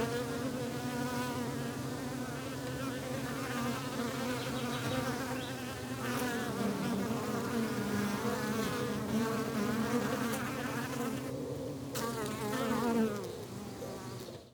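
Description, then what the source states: Bees buzzing continuously, many overlapping droning hums with wavering pitch, over steady wind noise. Bees recorded in the countryside with wind.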